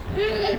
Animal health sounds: contact call of a hoofed animal; wild boar; grunt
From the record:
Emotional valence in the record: negative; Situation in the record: naturally occurring agonistic interactions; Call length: 0.59 s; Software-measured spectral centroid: 2280 Hz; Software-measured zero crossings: 1530 a second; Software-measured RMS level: -24 dBFS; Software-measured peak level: -12 dBFS

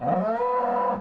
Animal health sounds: contact call of a hoofed animal; cattle; low-frequency (closed-mouth) or high-frequency (open-mouth) call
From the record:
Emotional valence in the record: negative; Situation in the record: full separation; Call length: 1.01 s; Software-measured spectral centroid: 910 Hz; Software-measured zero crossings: 1420 a second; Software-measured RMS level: -24 dBFS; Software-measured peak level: -12 dBFS

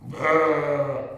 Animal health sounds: contact call of a hoofed animal; sheep; low-frequency (closed-mouth) or high-frequency (open-mouth) call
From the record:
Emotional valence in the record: negative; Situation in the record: short social isolation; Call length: 1.17 s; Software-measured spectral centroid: 1350 Hz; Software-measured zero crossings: 1350 a second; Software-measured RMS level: -23 dBFS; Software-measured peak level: -8 dBFS

